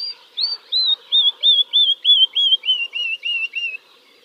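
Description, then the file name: Woodlark song: a series of about eleven slurred, fluty notes repeated roughly three per second, gradually stepping down in pitch. "kicau master woodlark omkicau"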